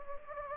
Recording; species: mosquito wingbeat signal from an infrared sensor; Anopheles gambiae